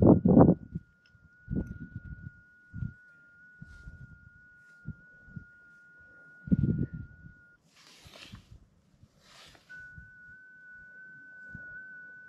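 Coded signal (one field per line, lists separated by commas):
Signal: FT8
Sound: faint steady whistle-like tone, subtly stepping pitch, under louder outdoor thumps and hiss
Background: outdoor noise, handling sounds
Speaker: let's give it a try together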